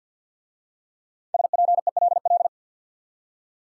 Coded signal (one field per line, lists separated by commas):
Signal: Morse code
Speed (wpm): 51 wpm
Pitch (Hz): 700 Hz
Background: none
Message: SPELL